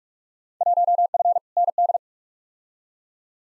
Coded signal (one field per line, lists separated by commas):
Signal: Morse code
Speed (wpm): 42 wpm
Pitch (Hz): 700 Hz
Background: none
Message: 1F ND